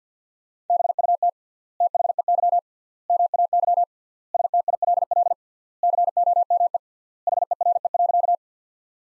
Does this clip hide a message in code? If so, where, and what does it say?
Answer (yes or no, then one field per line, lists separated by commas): yes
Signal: Morse code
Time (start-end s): 0.7-8.3 s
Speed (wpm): 50 wpm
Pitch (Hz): 700 Hz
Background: none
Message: BUT THEY MAY STILL COME HERE.